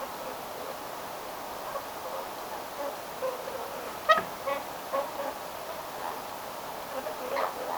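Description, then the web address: Whooper swans giving soft honking calls, then one loud ringing trumpet note midway, followed by several quieter answering calls over constant hiss. Whooper swan family with young, near a barn swallow nesting site; close-range recording of social calls of the young; 29 October 2025. "paivat 29 10 2025 haarapaaskysen pesapaikan laulujoutsenpesue aantelee lahiaania sosiaalisia poikasten aantelyja"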